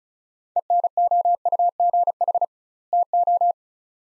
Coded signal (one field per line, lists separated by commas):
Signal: Morse code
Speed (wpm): 36 wpm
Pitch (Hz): 700 Hz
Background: none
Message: ENOUGH TO